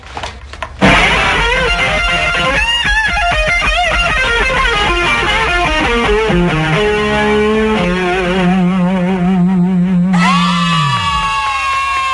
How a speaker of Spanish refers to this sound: No sabía que tú supieras tocar la guitarra, Otto. Fue lo único que aprendí en la escuela.